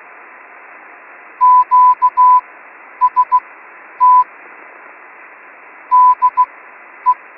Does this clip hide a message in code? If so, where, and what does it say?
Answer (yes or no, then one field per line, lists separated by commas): yes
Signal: Morse code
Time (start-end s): 1.4-7.1 s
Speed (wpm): 16 wpm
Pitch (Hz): 1000 Hz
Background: none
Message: QST DE